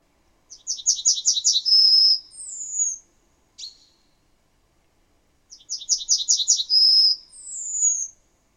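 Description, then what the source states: Yellowhammer song given twice: a fast series of repeated high chipping notes, then a longer sustained note and a final drawn-out slurred note. Played-back recording; the dialect part of the song is the two longer closing notes, which differ between populations.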